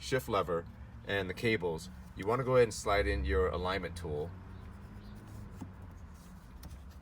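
Someone talks for the first four seconds while an alignment tool is slid into the shift lever housing of a 2008 Porsche 911 (997) Turbo to line up the shift lever and the cables. Quiet handling follows, with a faint tick near 6.6 s. Nothing has snapped or seated yet.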